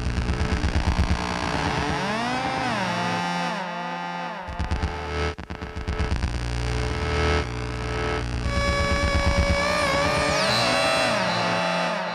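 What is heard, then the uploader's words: Live electronic noise from guitar pedals: a buzzing, engine-like drone with stacked tones that swoop up and down in repeating arcs as knobs are turned. Midway it stutters and breaks into choppy pulses, then returns with high whistling tones gliding and sweeping near the end. Guitar pedals performed live (10-19-15) without a guitar. Knob tweaking, self-oscillating filters, FM synthesis, and delay in glorious monophonic wav files. Moog MF-101 Lowpass Filter Moog MF-107 FreqBox Digitech RP-355 (reverb, delay, looping).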